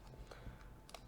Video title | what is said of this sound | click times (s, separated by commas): Set-up a QNAP NAS from the beginning｜ NASpedia | it has to do that click sound click | 0.9 s